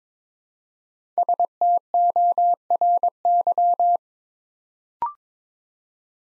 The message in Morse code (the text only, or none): STORY